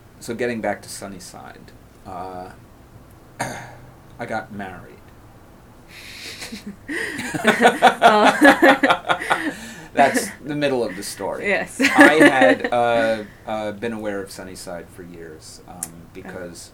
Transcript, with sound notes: So getting back to Sunnyside. I got married. [laughing] That’s the middle of the story. Yes. I had been aware of Sunnyside for years because